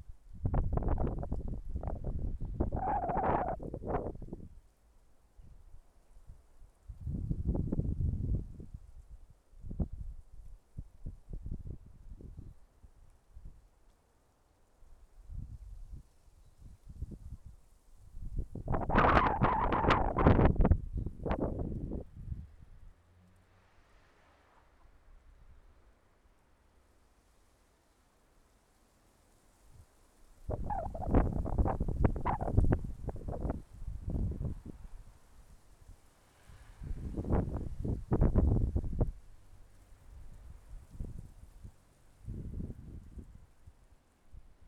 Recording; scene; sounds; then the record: everyday scene through a hearing-aid microphone; wind on the microphone; wind, traffic, birds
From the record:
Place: suburban garden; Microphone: behind the ear, left, rear